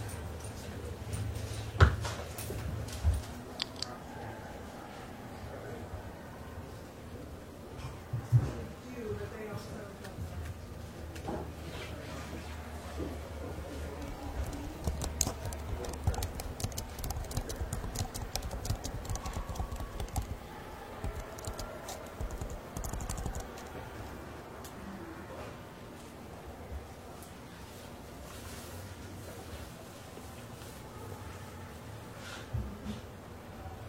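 Library ambience with a steady low hum, faint murmuring voices, and scattered soft taps and rustles, with sharper knocks near 2 and 8 seconds.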